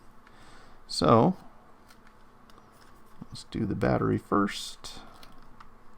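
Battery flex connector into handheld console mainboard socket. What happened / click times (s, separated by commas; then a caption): The battery connector is handled but has not yet snapped home / none. Someone talks while handling the battery flex connector above its mainboard socket in a Nintendo Switch Lite handheld console, with only faint small ticks and taps in the background. The connector has not yet been pushed down, and nothing has seated or clicked yet.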